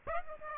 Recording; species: mosquito wingbeat signal from an infrared sensor; Aedes aegypti